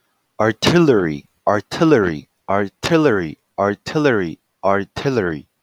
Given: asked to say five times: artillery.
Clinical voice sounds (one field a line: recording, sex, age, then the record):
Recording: repeated word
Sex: male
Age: 20 to 29 years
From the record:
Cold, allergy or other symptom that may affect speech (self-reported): no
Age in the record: 23 years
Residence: Georgia, United States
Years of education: 16